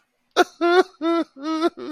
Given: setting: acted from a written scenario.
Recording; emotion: vocal sound without words; sadness